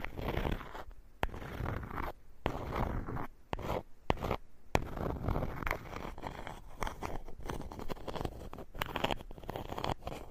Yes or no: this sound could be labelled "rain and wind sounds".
no